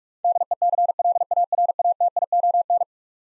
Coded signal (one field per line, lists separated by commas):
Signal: Morse code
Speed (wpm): 42 wpm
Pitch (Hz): 700 Hz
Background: none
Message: DECLARATION